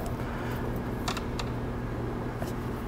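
The red plastic keeper (connector position lock) on a wiring harness connector joined to the factory truck harness of a 2020-2022 Ford is pushed closed during an EZX installation. Over a steady low hum, two short, sharp clicks sound at 1.1 s and 1.4 s as the keeper snaps shut, locking the connector in place.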